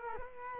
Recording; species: mosquito wingbeat signal from an infrared sensor; Culex quinquefasciatus